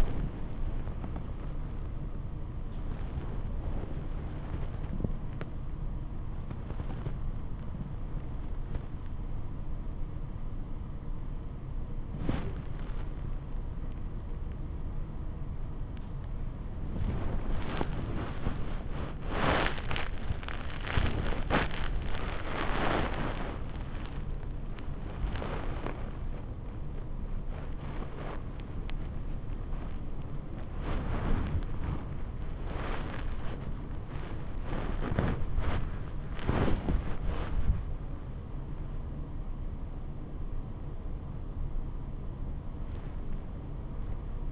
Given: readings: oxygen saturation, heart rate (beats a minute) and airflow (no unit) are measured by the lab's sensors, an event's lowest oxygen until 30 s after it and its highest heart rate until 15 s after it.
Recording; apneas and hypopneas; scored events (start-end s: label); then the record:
a person awake in a sleep study, by a smartphone at the bedside; none
0.00-44.51 s: awake
From the record:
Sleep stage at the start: awake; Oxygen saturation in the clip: 95 to 96%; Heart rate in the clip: 60 to 94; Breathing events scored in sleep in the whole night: 426 in 7.4 hours asleep